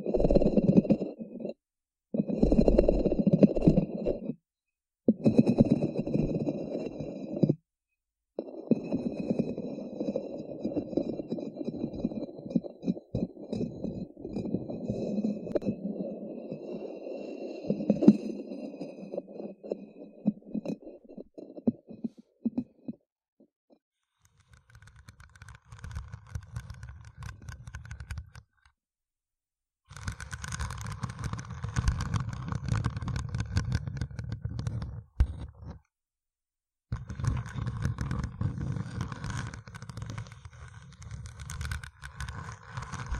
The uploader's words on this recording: ASMR Deep Brain Scratching（No Talking）.